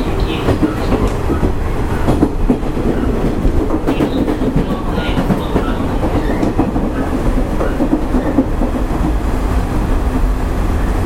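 Running noise of a Nishitetsu 5000 series train: a dense, steady low rumble at an even level for the whole clip. Brief rattling clicks break through now and then, around 2, 4, 5 and 8.5 seconds, and a faint steady hum joins midway.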